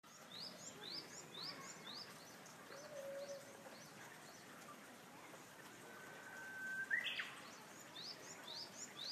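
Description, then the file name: Japanese bush warbler song: a long, steady whistled note followed by a quick, explosive flourish, over a constant backdrop of repeated high rising chirps. "Japanese Nightingale"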